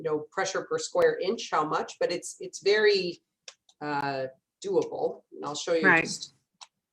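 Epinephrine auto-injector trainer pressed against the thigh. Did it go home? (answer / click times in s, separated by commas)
no / none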